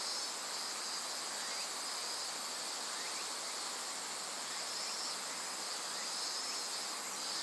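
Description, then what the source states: Insects produce a sustained, shrill chorus without a break. Various insects calling in a dense forest beside the Azusa River, Shinano River system, Shinshu.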